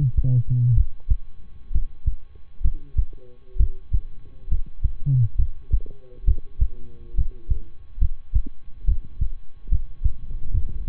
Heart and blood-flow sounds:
heart sounds by stethoscope; between the tricuspid and mitral areas; 68 bpm
0.73 s: heartbeat
1.71 s: heartbeat
2.61 s: heartbeat
3.56 s: heartbeat
4.47 s: heartbeat
5.35 s: heartbeat
6.24 s: heartbeat
7.14 s: heartbeat
7.98 s: heartbeat
8.84 s: heartbeat
9.68 s: heartbeat
10.50 s: heartbeat
From the record:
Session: rest, lying down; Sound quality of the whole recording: good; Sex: male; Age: 23 years

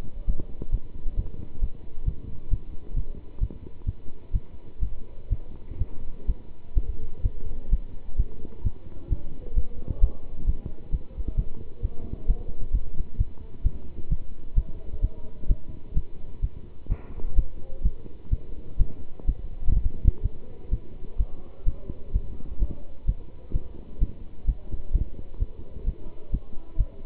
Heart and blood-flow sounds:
heart sounds by stethoscope; between the tricuspid and mitral areas; 129 bpm
0.26 s: heartbeat
0.71 s: heartbeat
1.15 s: heartbeat
1.60 s: heartbeat
2.05 s: heartbeat
2.50 s: heartbeat
2.94 s: heartbeat
3.39 s: heartbeat
3.85 s: heartbeat
4.32 s: heartbeat
4.79 s: heartbeat
5.29 s: heartbeat
5.78 s: heartbeat
6.26 s: heartbeat
6.74 s: heartbeat
7.22 s: heartbeat
7.70 s: heartbeat
8.16 s: heartbeat
8.63 s: heartbeat
9.09 s: heartbeat
9.55 s: heartbeat
10.00 s: heartbeat
10.45 s: heartbeat
10.90 s: heartbeat
11.36 s: heartbeat
11.81 s: heartbeat
12.26 s: heartbeat
12.71 s: heartbeat
13.17 s: heartbeat
13.63 s: heartbeat
14.09 s: heartbeat
14.55 s: heartbeat
15.01 s: heartbeat
15.47 s: heartbeat
15.94 s: heartbeat
16.41 s: heartbeat
16.88 s: heartbeat
17.35 s: heartbeat
17.82 s: heartbeat
18.30 s: heartbeat
18.78 s: heartbeat
19.25 s: heartbeat
19.73 s: heartbeat
20.22 s: heartbeat
20.70 s: heartbeat
21.17 s: heartbeat
21.65 s: heartbeat
22.12 s: heartbeat
22.59 s: heartbeat
23.06 s: heartbeat
23.52 s: heartbeat
23.99 s: heartbeat
24.45 s: heartbeat
24.92 s: heartbeat
25.38 s: heartbeat
25.85 s: heartbeat
26.30 s: heartbeat
26.77 s: heartbeat
From the record:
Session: pedaling a stationary bicycle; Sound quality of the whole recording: good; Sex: male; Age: 27 years

